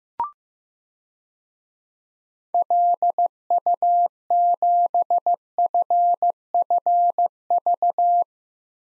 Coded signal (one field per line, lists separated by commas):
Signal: Morse code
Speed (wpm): 15 wpm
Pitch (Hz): 700 Hz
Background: none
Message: LU7FFV